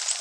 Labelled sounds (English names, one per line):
Orange-crowned Warbler flight call